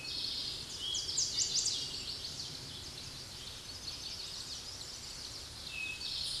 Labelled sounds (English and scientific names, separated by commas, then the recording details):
Chestnut-sided Warbler (Setophaga pensylvanica) song
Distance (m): 25 m
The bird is about 5 m above the microphone
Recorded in a Pennsylvania forest on 16 May 2024 at 07:40
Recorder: AudioMoth, point MSD-1534
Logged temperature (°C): 15.6 °C
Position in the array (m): 20 m, 18 m